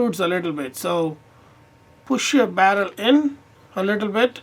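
During reassembly of a Walther pistol, the barrel is pushed in a little so the takedown lock can go back into the slide and frame. Someone talks throughout, with pauses between phrases, and no click is heard. The lock has not gone back in and nothing has seated yet.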